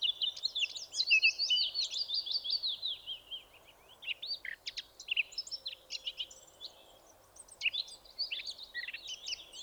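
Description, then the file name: Eurasian blackcap warbling, opening with a loud run of rapid whistles, then looser, jerky high notes scattered through the rest. "Sylvia atricapilla"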